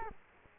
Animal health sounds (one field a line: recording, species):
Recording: mosquito wingbeat signal from an infrared sensor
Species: Culex quinquefasciatus